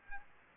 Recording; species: mosquito wingbeat signal from an infrared sensor; Aedes aegypti